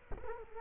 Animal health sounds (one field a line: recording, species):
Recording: mosquito wingbeat signal from an infrared sensor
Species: Culex quinquefasciatus